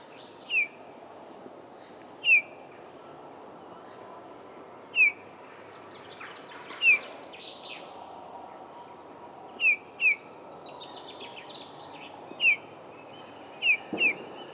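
Eurasian bullfinch, repeated short descending whistles every few seconds, sometimes doubled, over a background of other birds' twittering calls.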